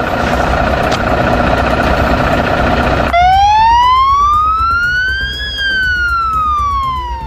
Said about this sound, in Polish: W południe, kiedy rozpoczęły się uroczystości pogrzebowe tragicznie zmarłego policjanta, policjanci i strażacy w całym kraju włączyli sygnały dźwiękowe i świetlne w swoich samochodach.